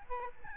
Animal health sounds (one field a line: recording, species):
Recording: mosquito wingbeat signal from an infrared sensor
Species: Aedes albopictus